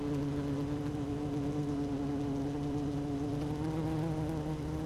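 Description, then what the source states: Honey bee colony hum, a dense low buzzing tone with faintly wavering higher overtones, unbroken throughout. Queen bee in hive 1, recorded 12 June 2018 at 16:30.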